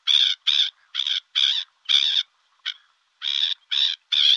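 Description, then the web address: Black-winged stilt giving harsh, drawn-out yapping notes, each a fraction of a second, in an uneven series of about nine with a brief gap. "Faglar Sound Styltlopare"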